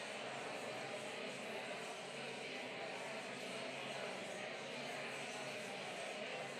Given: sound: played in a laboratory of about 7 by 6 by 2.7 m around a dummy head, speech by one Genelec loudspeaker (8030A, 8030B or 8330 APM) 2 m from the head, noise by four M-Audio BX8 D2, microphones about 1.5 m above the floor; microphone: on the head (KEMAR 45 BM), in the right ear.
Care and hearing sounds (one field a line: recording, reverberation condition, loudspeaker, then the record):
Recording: babble noise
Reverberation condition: high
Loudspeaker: four, about 170 cm from the corners of the room and facing them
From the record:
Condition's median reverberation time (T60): about 1300 ms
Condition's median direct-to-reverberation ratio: about -4.0 dB